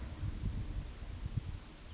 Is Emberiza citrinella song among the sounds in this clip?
no